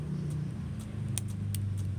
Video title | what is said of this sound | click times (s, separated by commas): Tugas Praktikum Jaringan Komputer - Pengkabelan | kedengeran kan ada suara klik gitu. | 1.2 s